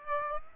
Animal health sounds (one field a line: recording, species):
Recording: mosquito wingbeat signal from an infrared sensor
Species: Aedes aegypti